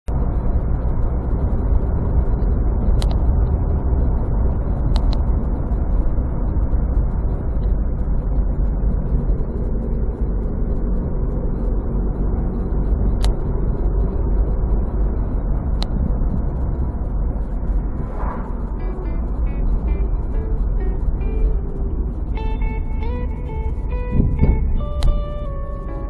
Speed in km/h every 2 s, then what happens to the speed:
61, 61, 58, 54, 49, 48, 51, 52, 46, 43, 38, 28, 17.
3-9 slows to 48. 9-14 steady at about 51. 14-26 slows to 17.